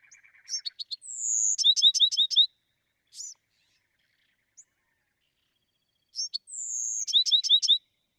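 Bewick's wren song: a short buzzy note, then a high drawn-out whistle into a quick series of sweeping notes, the phrase heard twice with quiet between.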